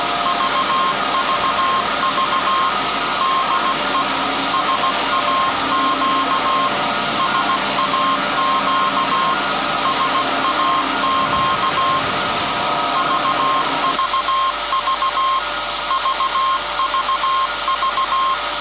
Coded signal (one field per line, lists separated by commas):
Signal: Morse code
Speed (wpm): 16 wpm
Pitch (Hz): 1060 Hz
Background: none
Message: VVV DE SAQ SAQ SAQ VVV VVV